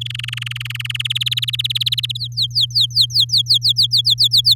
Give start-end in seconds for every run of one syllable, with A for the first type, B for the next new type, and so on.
0.01-1.02 A, 1.04-2.17 B, 2.17-4.54 C